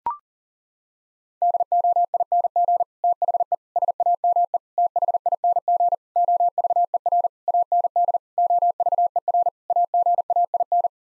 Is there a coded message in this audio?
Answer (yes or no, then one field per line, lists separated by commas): yes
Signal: Morse code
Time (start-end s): 1.4-10.9 s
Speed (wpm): 40 wpm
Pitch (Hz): 700 Hz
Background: none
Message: DOING THE SAME THING OVER AND OVER AGAIN